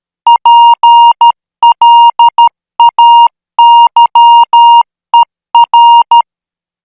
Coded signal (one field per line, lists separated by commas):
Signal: Morse code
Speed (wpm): 13 wpm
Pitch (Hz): 940 Hz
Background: none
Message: PLAYER